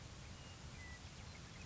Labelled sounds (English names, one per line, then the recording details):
Western Meadowlark
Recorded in Sonoma County, California